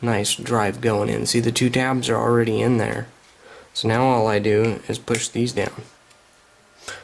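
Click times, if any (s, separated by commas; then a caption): 6.9 s. A plastic drive, its two tabs already engaged, is pushed down into the drive assembly of a used Andis SMC 5-speed barber-edition hair clipper while someone talks. A single short knock-like click at 6.9 s marks the drive snapping correctly into place.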